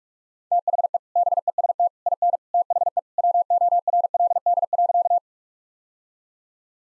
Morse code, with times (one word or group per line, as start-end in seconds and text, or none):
0.5-1.0 THE
1.2-1.9 BEST
2.1-2.4 IN
2.5-3.0 THE
3.2-5.2 WORLD.